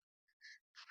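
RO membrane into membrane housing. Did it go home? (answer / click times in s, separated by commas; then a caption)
no / none. An RO membrane is pushed into its plastic membrane housing, washer side toward the inlet, and twisted right or left to lock it. Short squeaky scraping bursts are heard, rising to a louder rub at the very end. Nothing has seated or clicked yet.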